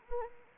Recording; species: mosquito wingbeat signal from an infrared sensor; Anopheles arabiensis